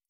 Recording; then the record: hydrophone in a shrimp aquaculture tank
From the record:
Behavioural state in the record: stressed